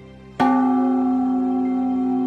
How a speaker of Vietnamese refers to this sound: Tiếng chiêng từ đâu vang lên, tất cả hướng mắt về phía cửa.